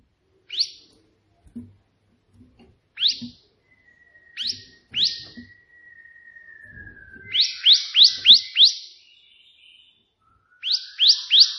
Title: 3 VARIASI TEMBAKAN prenjak putih ini COCOK untuk masteran prenjak anda